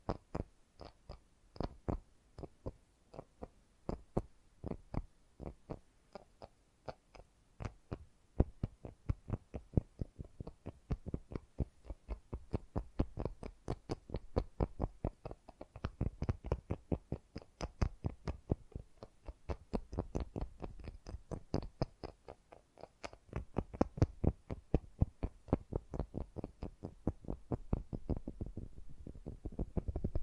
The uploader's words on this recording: ASMR Fast & Gentle Tapping for Sleep 1 Hour (No Talking).